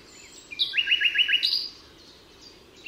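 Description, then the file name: Common nightingale song: a short phrase of about six rapid repeated chirps following a brief whistle, then quiet. Recorded at Altmühlsee on 27 April 2014. "Nachtigall. Altmuehlsee. Susanne Rieck"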